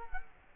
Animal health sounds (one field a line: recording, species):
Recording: mosquito wingbeat signal from an infrared sensor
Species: Culex quinquefasciatus